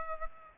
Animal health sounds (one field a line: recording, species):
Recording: mosquito wingbeat signal from an infrared sensor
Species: Culex pipiens